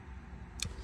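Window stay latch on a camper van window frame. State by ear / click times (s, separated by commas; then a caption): seated / 0.6 s. A camper van window is opened on its stay arms until the window stay latch on the frame clicks into place at 0.6 seconds, a short, bright tick over a low background rumble. The stay is now latched in the open position, holding the window where it is.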